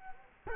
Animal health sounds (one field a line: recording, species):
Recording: mosquito wingbeat signal from an infrared sensor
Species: Culex quinquefasciatus